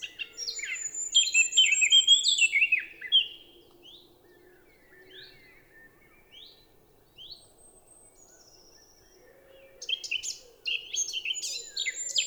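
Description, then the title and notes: Eurasian blackcap song: a loud warbling burst, a pause of spaced single notes, then another rich outburst, over soft low pigeon cooing. Recorded 10 April 2020 at Champs des Blas, Val Maravel, after the dawn chorus; melodious song; wood pigeon cooing behind; faint traffic hum from a road over 5 km away; Nagra LB stereo omni MKH20. "Fauvette à tête noire (Sylvia atricapilla). Champs des Blas - Val Maravel"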